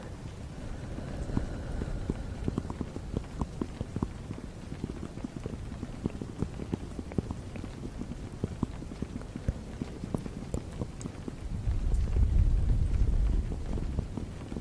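Fast, gentle tapping runs throughout as dense, irregular clicks, mostly soft and low with occasional brighter ticks. A soft breathy hiss sits underneath, and near the twelve-second mark a low rumbling blow swells up, like breath on a microphone, then eases.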